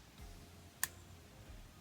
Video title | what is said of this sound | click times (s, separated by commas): Trumpet Valves & Slides | we should hear it click when I spin this valve and it means it's in place there | 0.8 s